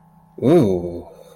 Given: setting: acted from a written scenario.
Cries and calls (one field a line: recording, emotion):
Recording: vocal sound without words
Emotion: desire